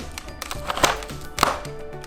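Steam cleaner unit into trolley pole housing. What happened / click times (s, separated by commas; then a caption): The unit clicked home into its housing / 1.4 s. A Pulilava SP520/530 steam cleaner unit is slid along the guides into its housing on the side of the trolley pole, with a few light taps and scrapes before a sharp double click at 1.4 s as it locks. The unit is seated and ready for use.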